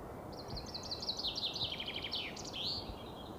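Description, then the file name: Common chaffinch delivering a single song, a fast descending rattle of high notes closing with a flourish, over a noisy background. "Fringilla coelebs"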